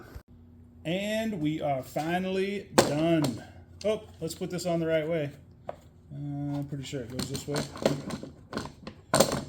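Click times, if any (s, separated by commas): 9.2 s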